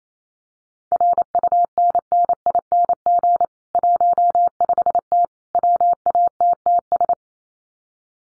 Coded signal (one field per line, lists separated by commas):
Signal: Morse code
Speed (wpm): 28 wpm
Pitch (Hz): 700 Hz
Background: none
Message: RUNNING 15T WATTS